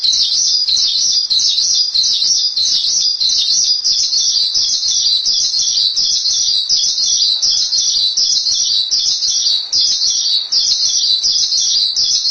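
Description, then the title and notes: Starling song, a dense run of high chirps repeated in quick, evenly spaced bursts. "suara burung jalak"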